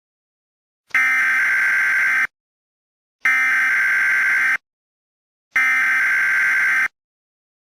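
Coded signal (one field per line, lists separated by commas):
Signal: Emergency Alert System (SAME) tones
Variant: header bursts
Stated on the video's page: Fictional EAS scenario inspired by Incredibles 2.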